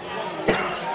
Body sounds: coughing mixed with background sound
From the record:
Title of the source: 30 Chesty and wet cough

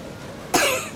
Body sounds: coughing mixed with background sound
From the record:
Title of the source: 64 coughing, allergies, singing lungs

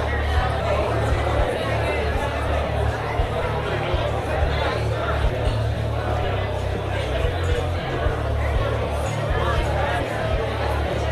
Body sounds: background sound without coughing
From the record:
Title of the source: CITY SOUNDS Busy Bar in the Evening Night - 2 HOURS of Ambiance for Relaxation

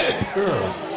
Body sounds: coughing mixed with background sound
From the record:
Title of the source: Mid-morning Winter Coughing Fit

